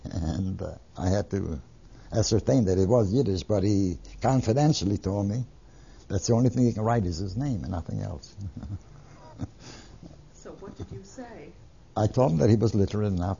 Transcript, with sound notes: And, uh, I had to ascertain that it was Yiddish, but he confidently told me that's the only thing he cab write is his name. Nothing else. (He laughs.)
So what did you say?
I told him he was literate enough.